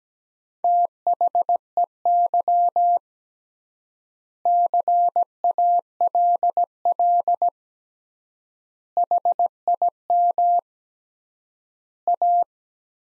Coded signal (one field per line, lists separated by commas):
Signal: Morse code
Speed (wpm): 17 wpm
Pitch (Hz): 700 Hz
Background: none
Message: THEY CALL HIM A